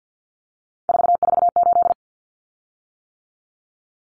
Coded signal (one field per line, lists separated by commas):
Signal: Morse code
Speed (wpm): 50 wpm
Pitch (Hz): 700 Hz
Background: none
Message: 448